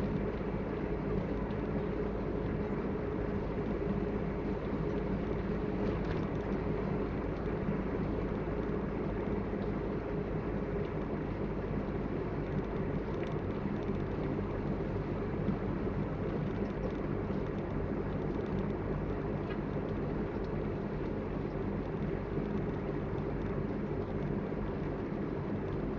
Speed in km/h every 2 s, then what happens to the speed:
47, 46, 47, 47, 46, 44, 44, 45, 44, 44, 44, 44, 43.
0-26 steady at about 44.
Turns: none.